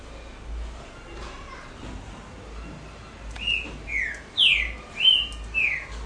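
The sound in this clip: Double-collared seedeater song starting after a quiet pause: a string of loud, downslurred whistled notes, roughly two per second.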